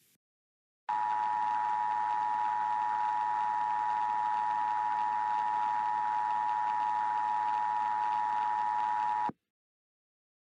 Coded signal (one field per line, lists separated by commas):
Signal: Emergency Alert System (SAME) tones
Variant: 853 and 960 Hz attention tone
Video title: EAS Scenario - The Colliders